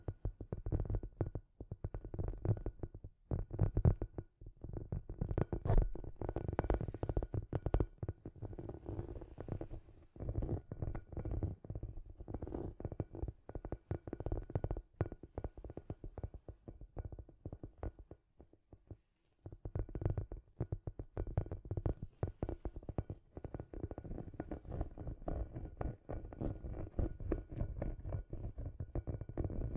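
Scratchy tapping runs almost continuously, a dense stream of quick, irregular taps and scrapes with a gritty, mostly low and mid texture. Bursts are heavier in the first eight seconds, thin out briefly, and stop for a moment near nineteen seconds before resuming.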